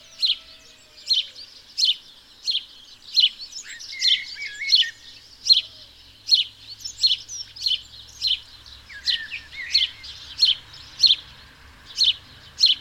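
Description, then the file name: House sparrow calling, a long series of bright, sharp chirps, with soft whistled notes in the background. "Passer domesticus"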